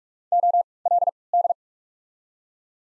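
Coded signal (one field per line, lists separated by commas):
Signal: Morse code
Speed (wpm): 44 wpm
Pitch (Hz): 700 Hz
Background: none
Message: O L D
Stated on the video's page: Morse practice of the top 300 words at 45 wpm using Farnsworth timing with 3x character spacing.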